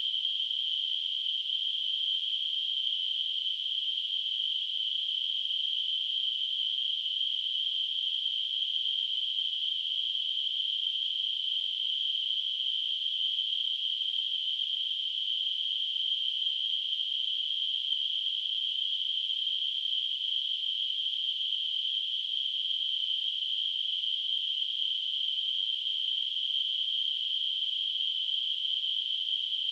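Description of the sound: Simulated tinnitus: a steady, continuous high-pitched hiss, a narrow band of noise centred around 3 kHz, unchanging in loudness throughout, with no low-frequency content.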